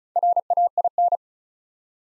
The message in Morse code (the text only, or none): RAIN